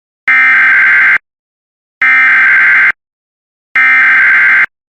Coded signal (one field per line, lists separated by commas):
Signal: Emergency Alert System (SAME) tones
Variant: header bursts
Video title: Tornado Warning for parts of TX (EAS 186)